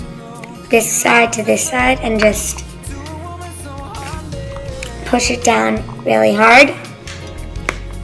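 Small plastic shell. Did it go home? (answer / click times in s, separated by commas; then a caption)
yes / 7.7 s. Someone talks over background music while lining up the two halves of a plastic egg-shaped EOS lip balm shell and pressing the top half down hard onto its base. A sharp snap at 7.7 seconds shows the halves have connected and the shell is seated.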